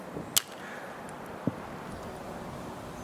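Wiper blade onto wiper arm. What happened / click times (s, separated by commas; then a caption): The wiper blade adapter snapped onto the arm / 0.4 s. A new front wiper blade's plastic adapter on a 2019–2026 Volvo V60 is pushed onto the metal wiper arm. It snaps into place with a sharp click at 0.4 s, followed by a softer low knock around 1.5 s over quiet background noise. The blade is seated on the arm.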